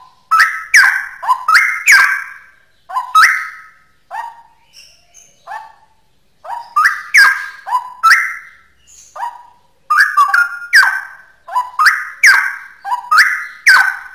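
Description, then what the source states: Straw-headed bulbul giving a rapid, sustained song of loud, liquid, gurgling whistles in tight bursts separated by brief gaps. Rapid 'ropel' style song, described as genuine, original bulbul sound.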